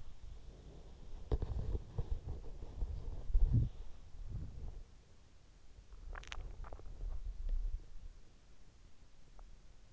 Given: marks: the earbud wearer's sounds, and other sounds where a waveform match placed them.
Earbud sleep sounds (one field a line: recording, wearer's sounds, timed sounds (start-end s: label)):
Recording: sounds in sleep by an in-ear microphone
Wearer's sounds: body movement, teeth grinding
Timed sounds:
0.00-8.83 s: body movement
5.95-7.20 s: teeth grinding